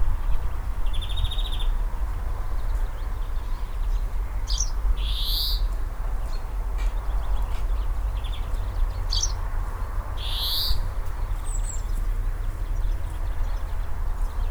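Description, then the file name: European greenfinch calls: short buzzy notes repeated at intervals of several seconds, with a faint high trill early on, over steady low rumbling noise. "Chloris chloris"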